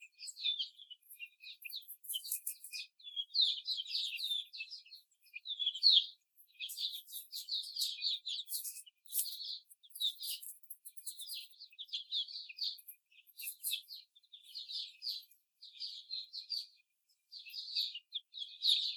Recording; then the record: young laying hens in a cage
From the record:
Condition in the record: before the stressor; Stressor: simulated dog barking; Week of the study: 4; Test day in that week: 2